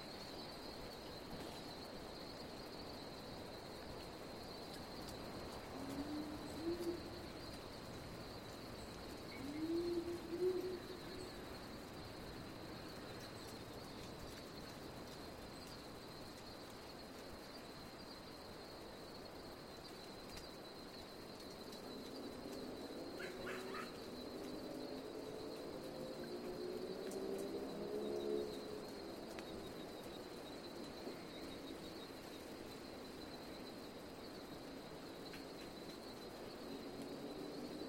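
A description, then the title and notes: A steady soft hiss of breeze moving through bush runs the full length, with a thin high whine held constant throughout. Brief low bird-like calls appear around 6 and 10 seconds, and a fuller rising-and-falling rumble swells from about 22 to 30 seconds. Powerful Owl. The noise of the city beyond.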